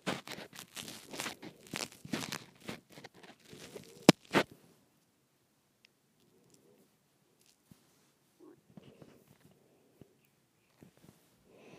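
A microphone is twisted and handled, giving dense crinkling, scraping and crunching noises for the first four seconds, topped by a sharp click just after four seconds. After that, only scattered faint rubs and small ticks remain.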